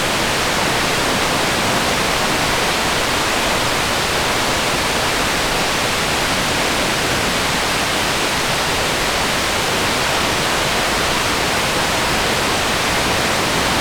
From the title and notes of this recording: White Waterfall. Distant sounds of water, crashing down from top to bottom, soothing the world away with white noise that cleanses.